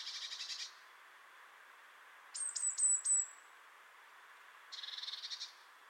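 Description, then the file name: Great tit giving a harsh buzzy churring rattle of rapid pulses, heard twice, with a separate run of very high, thin, slightly falling whistled notes between. "Parus major"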